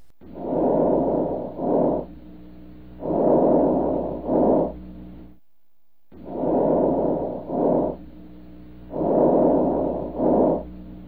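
Diminished vesicular breath sounds heard over an adult chest by stethoscope, about 23 breaths per minute. Each breath sounds like normal vesicular breathing but shorter. An abnormal finding that can occur in early pneumonia or when the lungs are full of mucus.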